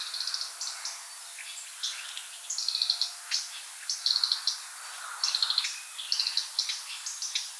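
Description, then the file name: European robin singing high, sparkling notes and brief trills in short bursts over a steady hiss of background noise. "rotkehlchen"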